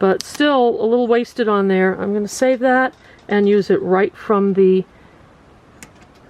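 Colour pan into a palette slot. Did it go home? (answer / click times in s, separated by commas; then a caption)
yes / 5.8 s. A freed colour pan is pressed into an empty slot of a palette. Someone talks, then after a quiet pause a single sharp click is heard at 5.8 s as the pan snaps into the slot and seats.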